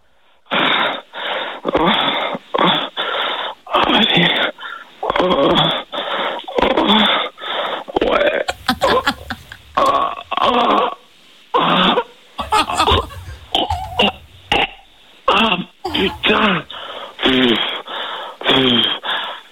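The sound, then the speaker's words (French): A contestant performs exaggerated, fake orgasm moaning in the final round of an orgasm battle: a long run of loud, rhythmic moans and cries with rising and falling pitch, broken by breathy gasps and huffs, growing more frantic toward the middle. “C'est le moment de faire péter le plus bel orgasme de toute ta vie”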